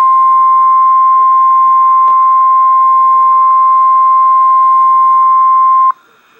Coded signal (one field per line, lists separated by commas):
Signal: Emergency Alert System (SAME) tones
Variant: 1050 Hz attention tone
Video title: REAL EAS 756-Severe thunderstorm warning